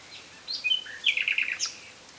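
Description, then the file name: Common nightingale song phrase: a brief whistle, then a fast run of repeated liquid notes ending in a high upward flick. "Luscinia megarhynchos"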